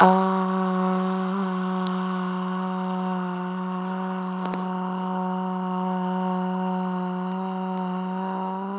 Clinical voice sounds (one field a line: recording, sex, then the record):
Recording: sustained vowel /a/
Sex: female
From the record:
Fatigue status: fatigue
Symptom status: symptomatic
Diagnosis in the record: COVID-19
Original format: m4a